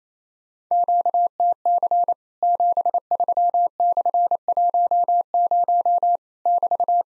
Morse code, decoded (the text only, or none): QTC 73/10 <BT>